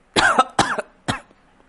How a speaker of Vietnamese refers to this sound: Tiết Hồ vừa hét to, nhịn không được liền ho khan hai tiếng